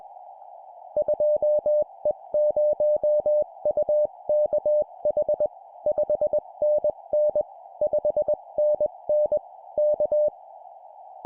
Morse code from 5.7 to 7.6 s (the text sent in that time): 5NN